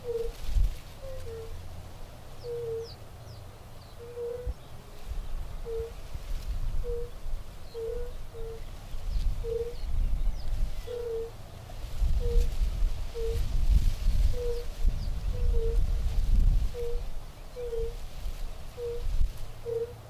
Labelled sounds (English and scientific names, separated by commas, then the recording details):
Fire-Bellied Toad (Bombina bombina) call
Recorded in the wild
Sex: male
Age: adult
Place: Falkenberger Rieselfelder, Barnim, Berlin, DE
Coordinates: 52.5839, 13.5542
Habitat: lake
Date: 1991-06-25 19:24
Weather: Luft: 20°C, Wasser: 22,2°C
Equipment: Uher 4000 Report Monitor, RFT DM 2415, Original
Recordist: Frommolt, Karl-Heinz